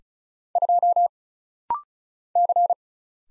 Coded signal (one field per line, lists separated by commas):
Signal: Morse code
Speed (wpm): 36 wpm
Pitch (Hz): 700 Hz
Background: none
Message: 2 C